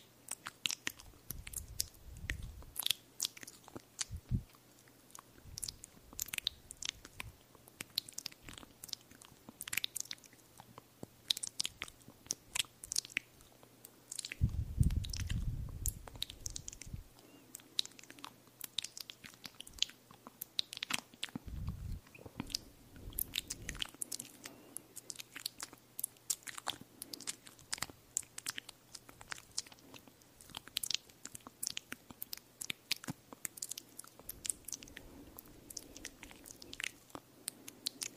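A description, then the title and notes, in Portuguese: Mouth sounds and small clicks crackle almost nonstop, crisp and bright, with wet smacking textures like chewing. Deeper muffled thumps break in around 1–3, 15–17 and 22–24 seconds, over a faint steady low hum. ASMR: Estalinhos e Sons com a Boca. ASMR somente com estalinhos e sons de boca.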